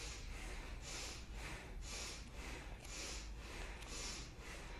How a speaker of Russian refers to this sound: Сейчас вот попробуем эти точки продышать. У нас вот, вот самое главное, нам бинду сейчас дышим. Мы слегка заворачиваем голову вверх под 45 градусов. Можно 30 градусов. И начинаем дышать этой точкой, бхастрику, животом. Поехали.